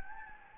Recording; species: mosquito wingbeat signal from an infrared sensor; Anopheles gambiae